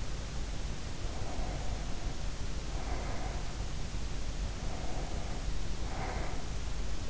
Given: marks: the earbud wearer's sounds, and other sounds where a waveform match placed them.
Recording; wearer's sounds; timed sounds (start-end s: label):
sounds in sleep by an in-ear microphone; breath
0.82-4.09 s: breath
4.35-7.01 s: breath